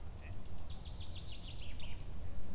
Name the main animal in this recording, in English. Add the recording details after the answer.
Common Chaffinch. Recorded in Germany. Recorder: ecoPi